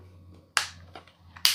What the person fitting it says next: So it kind of just snaps into place.